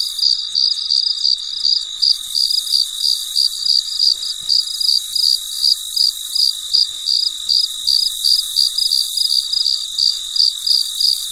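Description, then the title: Cricket chirping in a fast, even run of high pulses, roughly three per second, layered over a shrill hiss. Late at night in a very quiet setting. "深夜录制蟋蟀昆虫声"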